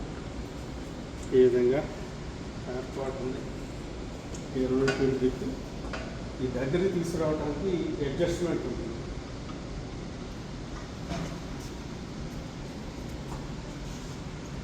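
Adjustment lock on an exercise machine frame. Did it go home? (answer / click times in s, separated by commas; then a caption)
no / none. An adjustment lock on an exercise machine frame is being lined up as two parts of the machine are turned and moved closer together for the adjustment. Someone talks in bursts over a steady low hum. Nothing has seated or clicked yet.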